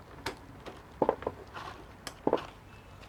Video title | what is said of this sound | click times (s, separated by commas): welborn 900 led 80w bicolor 3200-5600k video light panel for films wedding makeup studio product | एक lock हो गई। | 2.3 s